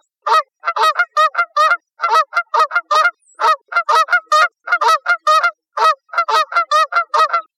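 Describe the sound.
Canada goose honking in loud, nasal bursts, many honks tumbling close together in quick irregular clusters throughout, no other sounds.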